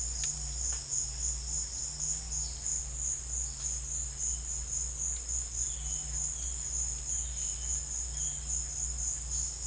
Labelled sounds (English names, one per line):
none